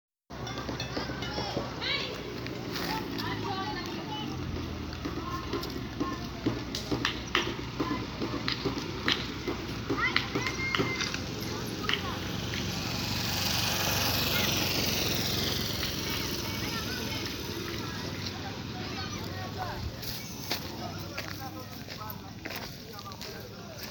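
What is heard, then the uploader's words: Children play outdoors in Michamvi, their voices a busy, overlapping chatter with occasional sharp calls and knocks throughout. Around the middle, a vehicle or boat engine swells past, rising and fading between roughly 12 and 18 seconds, over a steady outdoor background. In this episode, I walk around Michamvi, Zanzibar with the sounds of children playing. Children Playing In Michamvi.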